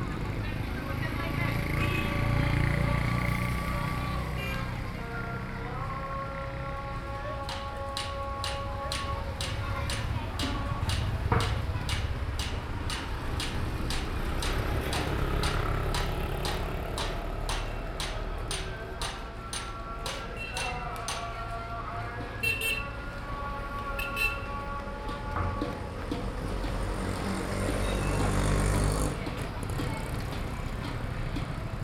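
Inside a jar workshop, a low, steady machine rumble runs throughout with a thin whine that shifts in pitch. From about seven seconds to twenty-seven, quick regular ticking clicks repeat roughly twice a second, with faint voices and clatter.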